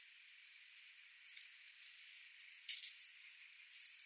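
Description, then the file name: Great tit calls: clear high whistled notes with a sharp onset and level tail, given singly at irregular intervals, with a brief buzzy note in between. "Parus major"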